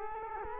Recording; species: mosquito wingbeat signal from an infrared sensor; Culex quinquefasciatus